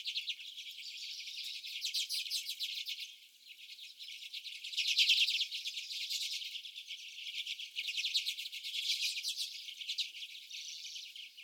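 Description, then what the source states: Common redpolls in full chorus, rapid rattling chips layered with buzzy twitters, rising and falling in intensity. Several common redpolls.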